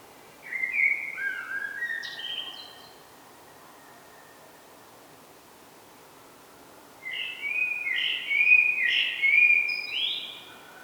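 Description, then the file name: Common blackbird giving two warbled song phrases separated by a pause, the second longer and busier with squeaky high flourishes, over faint steady hiss. "Turdus merula"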